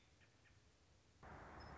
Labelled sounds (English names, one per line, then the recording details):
American Robin
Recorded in Sonoma County, California